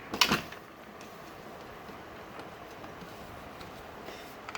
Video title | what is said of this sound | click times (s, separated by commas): LuvLap Joy Baby Stroller Review and Assembly | have to do that until you hear a click sound which means it's logged and in place | 0.2 s